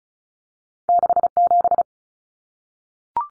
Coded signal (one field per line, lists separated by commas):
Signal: Morse code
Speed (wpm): 34 wpm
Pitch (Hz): 700 Hz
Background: none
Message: 67